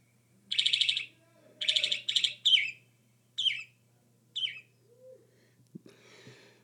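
Northern mockingbird singing buzzy, rattling bursts followed by sharp descending chirps, over a faint low hum.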